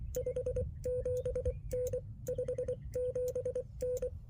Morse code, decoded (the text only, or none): 57N 57N